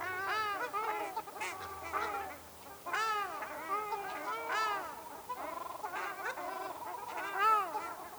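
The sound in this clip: Ruddy shelduck calls, loud nasal honks with arched harmonic notes, delivered in uneven runs, nearly continuous throughout.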